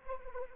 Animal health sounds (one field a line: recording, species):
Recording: mosquito wingbeat signal from an infrared sensor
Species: Anopheles arabiensis